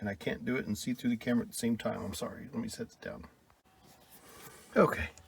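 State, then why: Not seated. Someone talks while handling the plastic heat/AC faceplate cover for the center console of a 1978 Corvette C3, then sets it down, leaving quieter handling sounds with a brief louder burst near 4.8 seconds. The cover has not snapped into place yet; nothing has seated or clicked.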